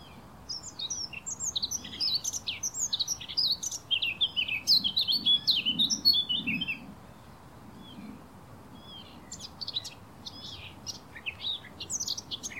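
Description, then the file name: Eurasian blackcap pours out a long, fast warble of scratchy and fluted notes, then softer scattered phrases toward the end. "Sylvia atricapilla"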